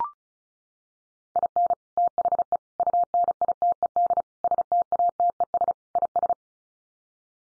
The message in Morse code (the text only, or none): IN THE UNITED STATES IS